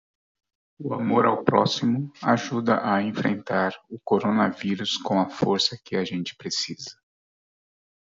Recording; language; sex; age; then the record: spoken sentence; Brazilian Portuguese; male; 50 to 59 years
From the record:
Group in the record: control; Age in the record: 55 years